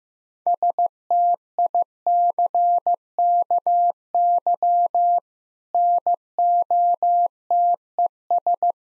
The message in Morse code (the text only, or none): STICKY NOTES